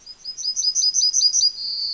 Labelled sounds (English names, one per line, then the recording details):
Yellowhammer song
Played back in forest
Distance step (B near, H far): C
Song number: 102